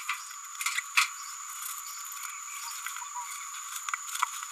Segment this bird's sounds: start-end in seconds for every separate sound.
0.77-0.81, 4.22-4.25